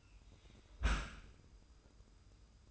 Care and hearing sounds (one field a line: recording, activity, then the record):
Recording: daily activity, microphone in the room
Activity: close dishwasher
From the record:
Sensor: 2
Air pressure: 990.3 hPa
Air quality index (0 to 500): 208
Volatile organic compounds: 1000 ppm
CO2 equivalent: 6674 ppm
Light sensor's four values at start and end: 25/59/24/24 and 25/59/24/24